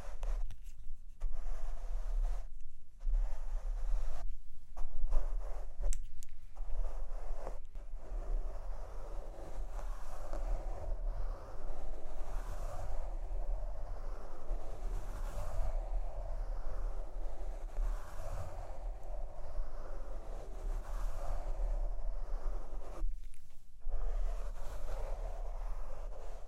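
Mic brushing and tapping fills the recording with a dense, scratchy rubbing that runs almost without pause, strongest in the middle range. Brief dropouts break it near the start and again around 23 seconds, while a steady low rumble sits underneath throughout.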